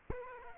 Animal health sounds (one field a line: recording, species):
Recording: mosquito wingbeat signal from an infrared sensor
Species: Aedes aegypti